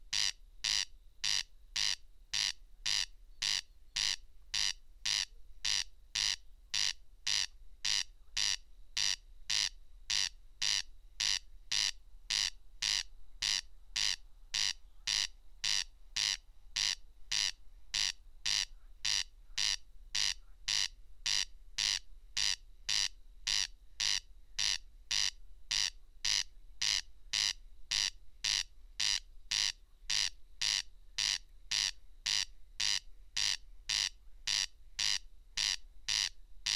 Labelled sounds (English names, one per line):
Corn Crake song